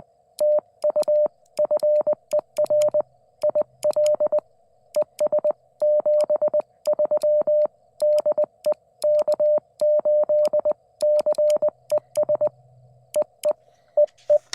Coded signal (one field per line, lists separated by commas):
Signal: Morse code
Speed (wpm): 20 wpm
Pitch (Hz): 600 Hz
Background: none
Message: TU FER IL ES 73 DE K8CES EE EE